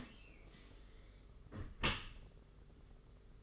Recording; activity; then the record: daily activity, microphone in the room; close dishwasher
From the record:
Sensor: 4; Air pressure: 992.2 hPa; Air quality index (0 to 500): 109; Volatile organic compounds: 18 ppm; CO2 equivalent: 2607 ppm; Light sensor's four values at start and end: 23/78/28/30 and 23/78/28/30